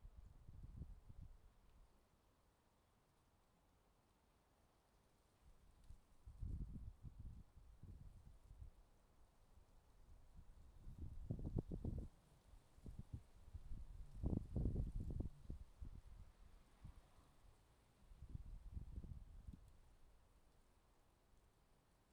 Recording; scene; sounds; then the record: everyday scene through a hearing-aid microphone; wind on the microphone; wind, traffic, birds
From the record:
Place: suburban garden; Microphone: in the ear canal, left